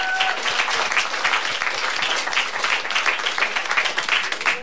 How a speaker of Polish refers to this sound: Wielkie brawa dla Wojtka Borkowskiego.